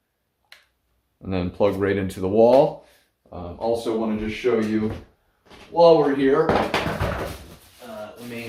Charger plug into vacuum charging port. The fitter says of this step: will just click right in and